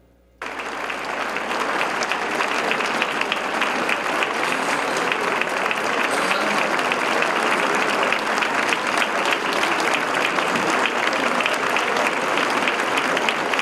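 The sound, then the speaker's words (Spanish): Sustained applause from a large gathering in the plenary of the Chamber of Deputies, a minute of applause bidding farewell to a Mexican writer, starts abruptly and holds steady and loud, a dense, even patter of many hands clapping with no voices rising above it. “Bueno, en tanto el Pleno de la Cámara de Diputados despidió con un minuto de aplausos al escritor mexicano.”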